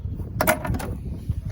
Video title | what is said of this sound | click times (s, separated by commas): 2004 Jeep Liberty Sport 3.7l V6 Aftermarket Brake Light Assembly | And there we go. Straight in until you hear a little snap. | 0.4 s